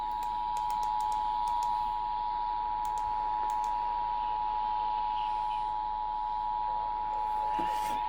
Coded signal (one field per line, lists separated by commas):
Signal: Emergency Alert System (SAME) tones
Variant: 853 and 960 Hz attention tone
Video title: Eas Hgx Toa on KTRH-AM Eas#2031